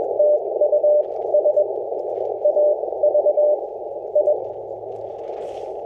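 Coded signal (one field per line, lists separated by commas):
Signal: Morse code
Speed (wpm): 17 wpm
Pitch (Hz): 600 Hz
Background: none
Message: TU SAV I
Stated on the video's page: Park activation at Santa Rosa Plateau Ecological Reserve, including a DX contact; windy conditions.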